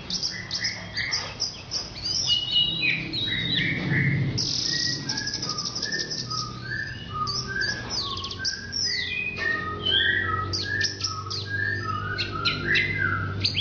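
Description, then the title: Orange-headed thrush giving a rich, continuous song of varied whistled phrases, falling slurs and rapid chatter, with mid-pitched notes mixed among high ones. "Anis Merah"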